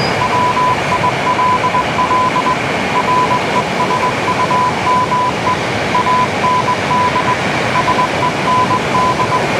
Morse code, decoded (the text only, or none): WILL RESUME AND SEND